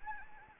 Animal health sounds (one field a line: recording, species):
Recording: mosquito wingbeat signal from an infrared sensor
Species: Anopheles gambiae